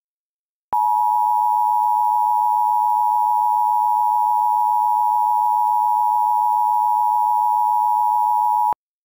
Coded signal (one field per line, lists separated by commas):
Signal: Emergency Alert System (SAME) tones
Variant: 853 and 960 Hz attention tone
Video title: EAS Mock: Face The Music